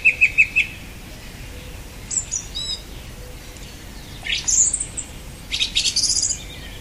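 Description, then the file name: Song thrush singing: a few clear repeated notes open, then varied squeaky and buzzy phrases with short pauses between them. "Golosa ptic - Pevchij drozd"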